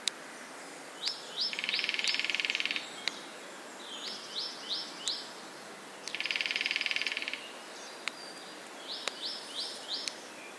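Woodland ambience with a steady hiss underneath and a bird repeating a short phrase of four quick bright notes about every two to three seconds, sometimes joined by a dense buzzing trill. Sharp, sparse clicks land roughly once a second, like a ticking clock.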